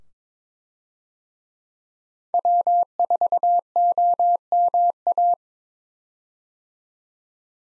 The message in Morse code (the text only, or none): W4OMA